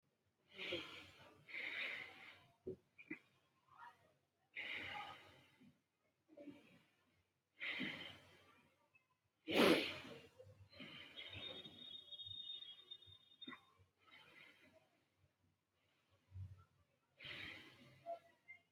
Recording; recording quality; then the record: deep breathing; excellent, no background noise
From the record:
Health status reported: healthy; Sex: male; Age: 25 years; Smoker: yes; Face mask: not worn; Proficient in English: yes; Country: India